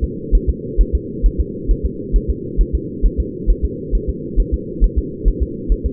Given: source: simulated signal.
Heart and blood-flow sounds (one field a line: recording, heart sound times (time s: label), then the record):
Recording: fetal heart sounds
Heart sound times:
0.04 s: S2
0.35 s: S1
0.50 s: S2
0.81 s: S1
0.95 s: S2
1.26 s: S1
1.40 s: S2
1.71 s: S1
1.86 s: S2
2.16 s: S1
2.30 s: S2
2.61 s: S1
2.75 s: S2
3.06 s: S1
3.20 s: S2
3.50 s: S1
3.65 s: S2
3.95 s: S1
4.09 s: S2
4.40 s: S1
4.54 s: S2
4.84 s: S1
4.99 s: S2
5.28 s: S1
5.43 s: S2
5.72 s: S1
5.86 s: S2
From the record:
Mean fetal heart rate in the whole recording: 135 bpm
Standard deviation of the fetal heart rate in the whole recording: 3 bpm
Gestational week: 36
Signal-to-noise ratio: -4.1 dB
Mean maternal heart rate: no maternal heart sound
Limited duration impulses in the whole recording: absent